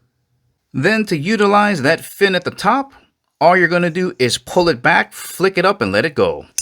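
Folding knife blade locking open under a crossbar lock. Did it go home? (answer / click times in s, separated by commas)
no / none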